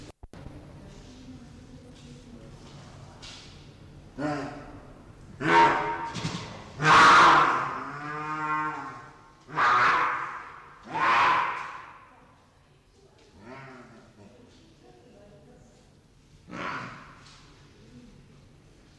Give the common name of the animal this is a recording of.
Jaguar